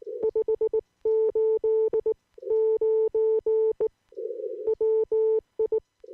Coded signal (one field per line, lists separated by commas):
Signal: Morse code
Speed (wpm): 19 wpm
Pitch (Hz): 440 Hz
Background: none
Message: 589 WI